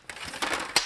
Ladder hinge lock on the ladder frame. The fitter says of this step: it locks into place